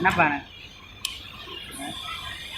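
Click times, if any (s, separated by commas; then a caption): 1.1 s. A metal bobbin case is pushed into the rotary hook of a single-needle sewing machine. It snaps home with a short, sharp click at 1.0 s, seating it in place. Someone talks briefly at the start.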